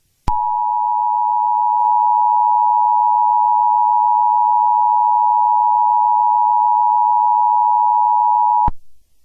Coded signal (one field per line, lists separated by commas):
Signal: Emergency Alert System (SAME) tones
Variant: 853 and 960 Hz attention tone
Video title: EAS Scenario #83: The Irresistible Phenomenon Part 2